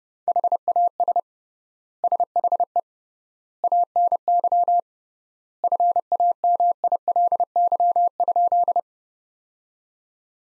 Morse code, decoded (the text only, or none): HAS SHE ANY FAMILY?